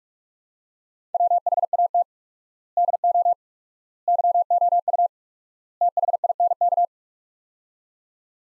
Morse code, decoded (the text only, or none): WHAT DO YOU THINK